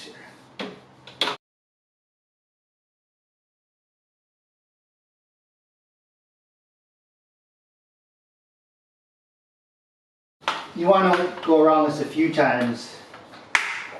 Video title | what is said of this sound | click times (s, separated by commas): Laptop Screen Replacement / How To Replace Laptop Screen HP ZBook G2 | we'll go ahead and snap this back in | 0.6 s, 1.1 s, 1.2 s, 10.5 s